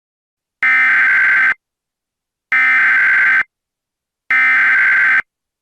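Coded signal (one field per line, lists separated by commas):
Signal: Emergency Alert System (SAME) tones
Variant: header bursts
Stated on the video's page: Fictional alert scenario using valid tones.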